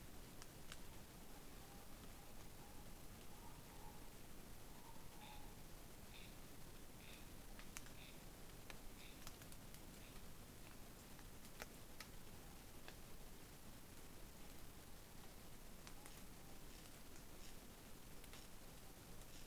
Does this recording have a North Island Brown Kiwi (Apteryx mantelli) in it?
no